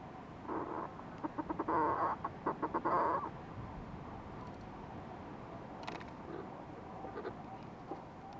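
Fulmar prion calls: a short run of choppy, nasal croaks in the first few seconds, then only a low background hiss with faint notes.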